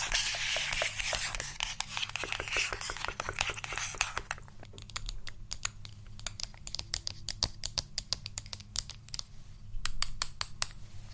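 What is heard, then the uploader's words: ASMR makeup sounds: for the first four seconds a dense, bright scratching and rapid tapping run together with a hissy texture. After that it thins to sharp, separate taps and clicks, sometimes quick bursts, sometimes spaced, over a steady low hum. ASMR Makeup Triggers.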